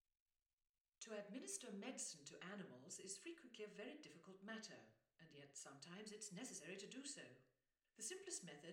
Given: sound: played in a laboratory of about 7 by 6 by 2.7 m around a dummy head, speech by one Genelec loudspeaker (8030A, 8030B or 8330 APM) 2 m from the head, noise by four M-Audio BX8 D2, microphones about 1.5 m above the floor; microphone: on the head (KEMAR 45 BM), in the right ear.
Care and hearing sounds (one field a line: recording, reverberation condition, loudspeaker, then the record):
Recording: female speech in English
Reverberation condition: medium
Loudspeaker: 60 degrees to the right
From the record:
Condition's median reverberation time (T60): about 510 ms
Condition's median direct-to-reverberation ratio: about -0.5 dB